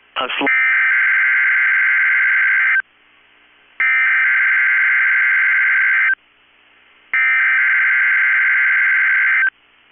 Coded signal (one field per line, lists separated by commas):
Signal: Emergency Alert System (SAME) tones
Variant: header bursts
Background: speech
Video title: 3/9/22 - KEC65 Required Weekly Test (EAS #382)